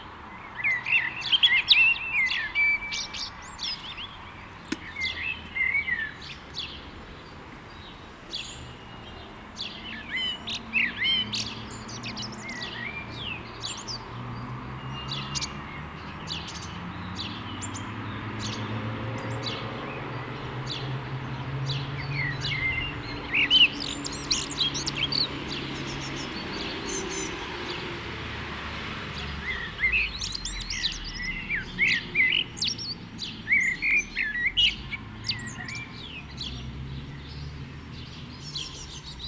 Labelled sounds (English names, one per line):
Common Blackbird song